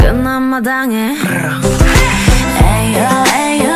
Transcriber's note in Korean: growling